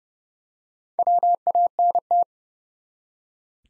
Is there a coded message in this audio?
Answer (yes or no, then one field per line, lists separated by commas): yes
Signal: Morse code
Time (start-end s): 1.0-2.2 s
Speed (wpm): 28 wpm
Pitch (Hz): 700 Hz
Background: none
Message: WANT